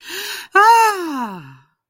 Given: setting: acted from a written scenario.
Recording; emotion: vocal sound without words; elation